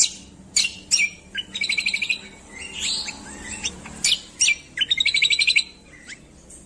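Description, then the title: Streaked Spiderhunter singing sharp, high chip notes between two rapid rattling series of bright, evenly spaced notes. Clear, long, active song (gacor); tutoring recording (masteran) for birds. "Pijantung Gunung Gacor Jernih Panjang"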